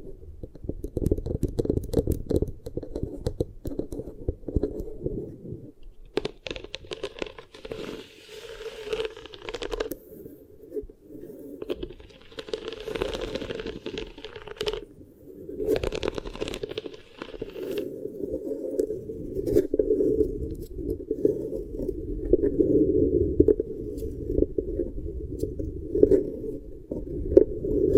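Beeswax ear triggers: soft crinkling, squishing and crunching sounds fill the clip, mostly low and muffled with a steady dense texture. Brighter crackly bursts come through around 6–10 seconds and again near 12–17 seconds, with gentle pressing and rubbing continuing to the end.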